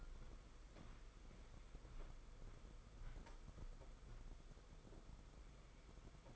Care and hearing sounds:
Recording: daily activity, microphone in the room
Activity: walk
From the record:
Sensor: 5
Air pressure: 990.9 hPa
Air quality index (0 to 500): 150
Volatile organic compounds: 159 ppm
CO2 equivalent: 4060 ppm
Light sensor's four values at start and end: 39/122/47/50 and 39/122/47/50

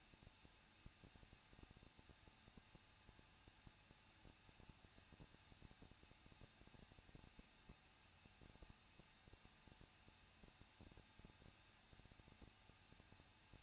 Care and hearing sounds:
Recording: daily activity, microphone in the room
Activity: no activity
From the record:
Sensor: 2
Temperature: 21.0 degrees Celsius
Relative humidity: 37.5%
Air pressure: 1006.2 hPa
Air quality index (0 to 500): 222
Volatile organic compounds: 24 ppm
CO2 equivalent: 2821 ppm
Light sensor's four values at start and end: 2/3/2/2 and 2/3/2/2

